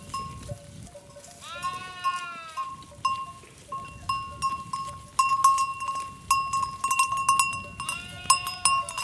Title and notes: Rebanho de ovelhas, Coleja, Portugal. Mapa Sonoro do rio Douro. Sheeps herd in Coleja, Portugal. Douro River Sound Map